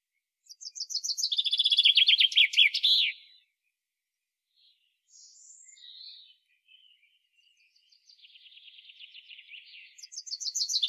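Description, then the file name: Common chaffinch song: a bright run of high notes that descends and ends in a flourish, followed later by quieter scattered notes and the start of another song. "Fringilla coelebs"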